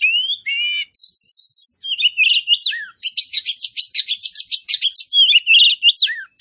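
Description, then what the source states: Oriental magpie-robin singing continuously, a rich rapid medley of whistles, rising and falling slurs, buzzy trills and chattering notes with hardly any pause. Kacer poci variety of magpie-robin, described as gacor, a term for a bird singing freely and prolifically.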